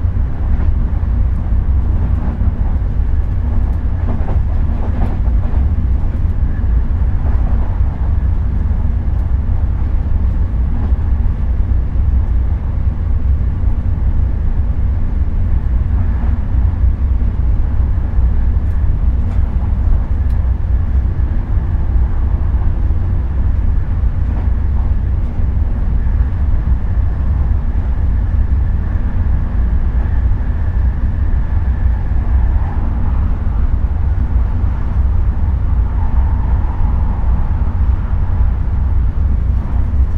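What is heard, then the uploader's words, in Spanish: A night train rumbles steadily onward with a deep, constant low roar, faint rattles and clicks, and brief muffled tones drifting through. Sonidos de Tren. A través de Europa nocturna en el tren Thello. Cada sutil chirrido y suave rodar de los cómodos vagones ofrece una serenata calmante mientras se deslizan sobre las lejanas vías. Los sonidos serenos de trenes distantes, el suave traqueteo de los vagones y otros tranquilos ruidos del tren. Tren Nocturno a Venecia.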